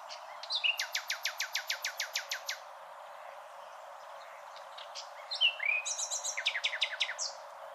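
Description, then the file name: Common nightingale singing a rapid run of a dozen identical sharp notes, a pause, then a whistled slur and another fast repeated series. "Luscinia megarhynchos"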